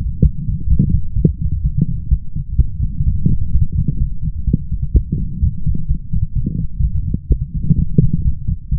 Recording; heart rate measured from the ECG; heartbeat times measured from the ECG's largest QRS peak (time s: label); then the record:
heart sounds by stethoscope; 127 bpm
0.22 s: heartbeat
0.69 s: heartbeat
1.15 s: heartbeat
1.62 s: heartbeat
2.09 s: heartbeat
2.57 s: heartbeat
3.04 s: heartbeat
3.51 s: heartbeat
3.98 s: heartbeat
4.45 s: heartbeat
4.92 s: heartbeat
5.40 s: heartbeat
5.87 s: heartbeat
6.34 s: heartbeat
6.81 s: heartbeat
7.28 s: heartbeat
7.76 s: heartbeat
8.23 s: heartbeat
8.70 s: heartbeat
From the record:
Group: healthy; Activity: light exercise 0-2 s, rest 2-9 s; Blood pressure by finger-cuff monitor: 113/80 mmHg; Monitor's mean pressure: 89 mmHg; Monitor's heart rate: 127 bpm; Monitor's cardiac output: 9.4 L/min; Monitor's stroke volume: 73 mL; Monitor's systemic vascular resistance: 690 dyn s/cm5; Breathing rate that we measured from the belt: 24 breaths a minute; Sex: female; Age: 19 years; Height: 163 cm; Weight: 48.9 kg